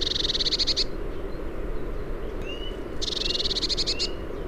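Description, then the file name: Eurasian blue tit giving two dense, buzzy, rattling bursts of rapid repeated notes, each about a second long, with a faint whistled note between them and a low rumbling background. "Cyanistes caeruleus"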